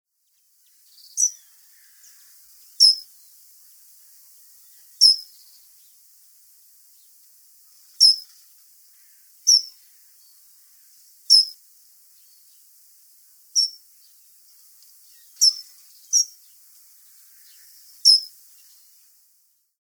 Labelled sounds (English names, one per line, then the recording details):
Boreal Owl
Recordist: Tembrock, Günter
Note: Pfeiflaute